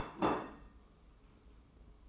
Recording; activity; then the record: daily activity, microphone in the room; place plate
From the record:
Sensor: 1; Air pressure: 995.3 hPa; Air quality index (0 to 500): 29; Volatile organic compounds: 1 ppm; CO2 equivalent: 549 ppm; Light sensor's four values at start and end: 13/47/17/17 and 13/47/17/17